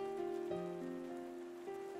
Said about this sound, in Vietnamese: Bên ngoài mưa lớn như trút nước.